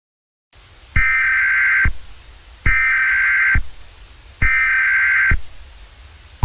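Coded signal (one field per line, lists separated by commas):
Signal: Emergency Alert System (SAME) tones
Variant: header bursts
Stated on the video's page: Fictional EAS scenario about a Washington tornado outbreak, a simulated alert.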